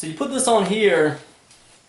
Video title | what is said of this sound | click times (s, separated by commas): Almond Nut Butter in the Nutribullet RX | and this just sets on here right it doesn't lock into place | none